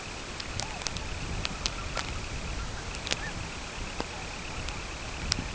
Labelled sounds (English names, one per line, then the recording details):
Semipalmated Sandpiper
unidentified sound
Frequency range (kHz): Semipalmated Sandpiper 1.8-3.3 kHz
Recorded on Arctic tundra, site CORI-1, on 12 June 2018
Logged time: 08:00